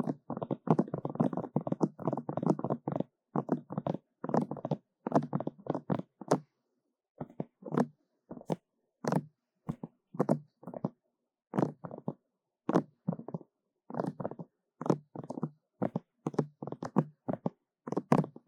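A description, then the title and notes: Rapid ear tapping in quick bursts of muffled thumps, dense and fast at first, then breaking into shorter clusters with brief pauses between. 快速耳朵敲擊 | EAR Fast Tapping for Tingles | NoTalking.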